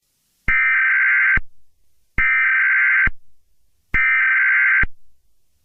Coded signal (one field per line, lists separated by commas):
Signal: Emergency Alert System (SAME) tones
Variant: header bursts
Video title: EAS scenario 9: Herobrine 3: The end is coming!